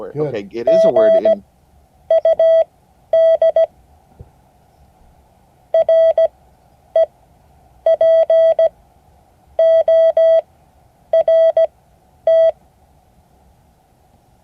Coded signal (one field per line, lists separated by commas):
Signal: Morse code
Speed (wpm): 17 wpm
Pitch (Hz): 650 Hz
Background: speech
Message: GUD REPORT